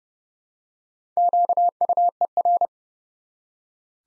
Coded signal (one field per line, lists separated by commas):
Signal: Morse code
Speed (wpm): 30 wpm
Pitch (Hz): 700 Hz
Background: none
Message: QUER